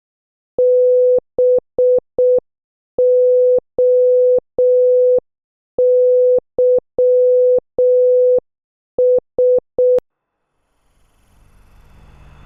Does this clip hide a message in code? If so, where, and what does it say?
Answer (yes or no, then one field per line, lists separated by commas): yes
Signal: Morse code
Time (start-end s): 0.6-10.0 s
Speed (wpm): 6 wpm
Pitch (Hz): 500 Hz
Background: none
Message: BOYS